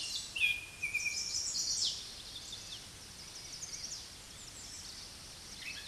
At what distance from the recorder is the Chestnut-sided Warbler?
about 10 m